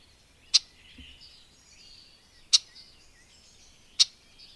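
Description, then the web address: Red-backed shrike calls: three loud, abrupt harsh ticks spaced one and a half to two seconds apart over a faint background of soft twittering birds. "agykontroll Madardalok Cd 2. Tövisszúró gébics"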